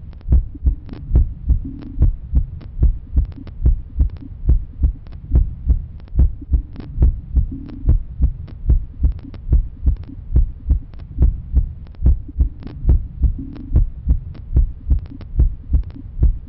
Daily life normal heartbeat sound effect.